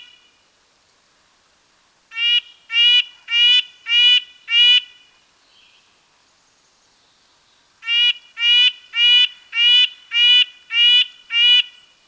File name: red breasted nuthatch